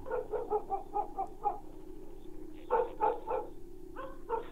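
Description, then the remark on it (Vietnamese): Dogs bark in the distance from a village on a summer night, first a quick run of short yaps, then a pause before two more clusters of barks, all faint over a low steady background hum. “Đâu đó văng vẳng từ bên làng, tiếng chó cắn ma cứ vang lên.”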